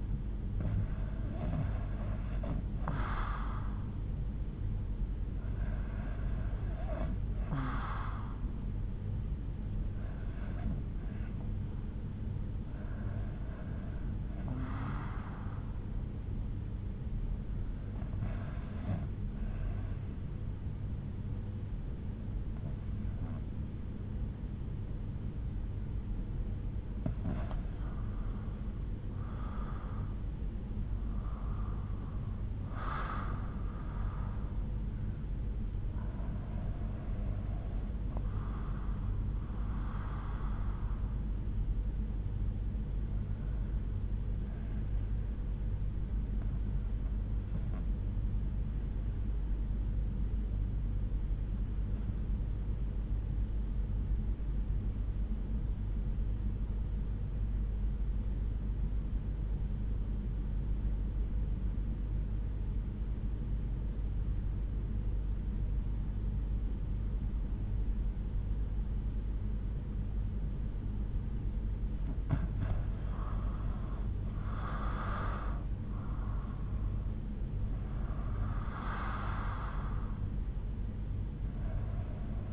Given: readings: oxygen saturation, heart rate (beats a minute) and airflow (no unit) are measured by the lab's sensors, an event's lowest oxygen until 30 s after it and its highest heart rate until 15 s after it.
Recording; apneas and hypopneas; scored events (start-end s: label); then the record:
breathing in sleep by a smartphone at the bedside; 1
49.00-72.20 s: obstructive apnea (REM, oxygen 96% highest, then 82% lowest, heart rate 62 at the start, 79 highest)
From the record:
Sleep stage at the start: REM sleep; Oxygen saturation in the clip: 84 to 96%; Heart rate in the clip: 61 to 79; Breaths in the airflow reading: 13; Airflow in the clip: -8.8 to 10.3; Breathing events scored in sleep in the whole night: 368 in 8.0 hours asleep